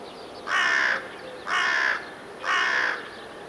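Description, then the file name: Carrion crow calling: three harsh, hoarse caws about one second apart, each evenly spaced and of similar length, over quiet background. "Corvus corone"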